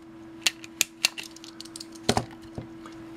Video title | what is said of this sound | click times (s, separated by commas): The NanoVNA, a beginners guide to the Vector Network Analyzer | wrenches will come preset and essentially you rotate it until it clicks and | 0.8 s